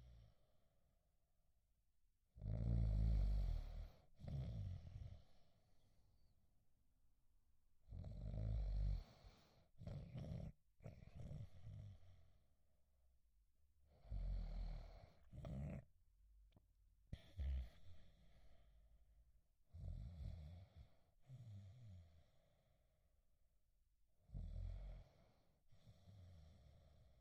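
Low, rumbling, fluttering snores come in bursts every five to six seconds, about 10–11 breaths a minute, some in two parts, against a quiet background with no noise. This is ordinary snoring in an adult, from vibration of the soft tissues of the upper airway during sleep.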